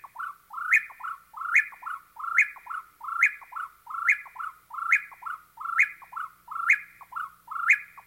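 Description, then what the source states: Whip-poor-will delivering a fast, steady series of rough burry phrases, each rising and ending in a buzzy rasp, repeated about ten times in eight seconds. Whip-poor-will in dry woodlands of the southwest, singing a rough and burry song.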